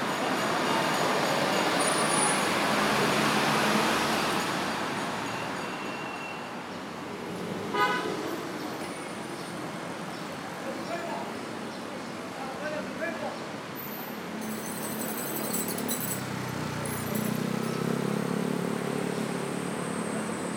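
A walk down Jiang Ning Lu, with steady street noise and passing traffic that swells loudest in the first few seconds and again near the end. Voices come and go, a short horn-like toot sounds around eight seconds, and high chirps flicker past the midpoint.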